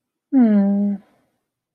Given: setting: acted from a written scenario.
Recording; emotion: vocal sound without words; sympathy